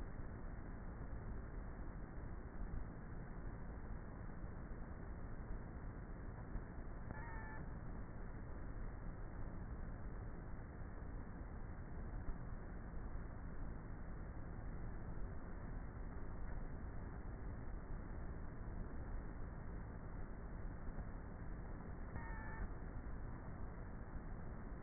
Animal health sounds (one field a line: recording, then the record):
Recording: honeybee colony, microphone inside the hive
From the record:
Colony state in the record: queenless with a low population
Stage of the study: before two queens were removed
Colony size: about 30,000 bees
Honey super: no